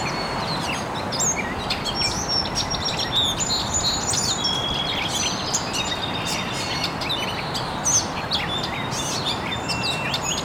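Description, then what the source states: Birds calling in a lively chorus of quick chirps and thin whistled notes, continuous throughout, over soft constant background rush. Recorded very early in the morning in an estuary.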